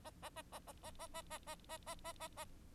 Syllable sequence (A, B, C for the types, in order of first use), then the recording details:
A A A A A A A A A A A A A A A. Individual Bird4